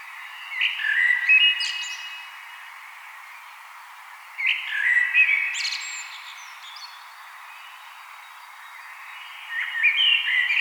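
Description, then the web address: Common blackbird song: three melodious fluty phrases a few seconds apart, the first two ending in scratchy high-pitched twittering. "vogelstimmen amsel gesang nabu lars lachmann"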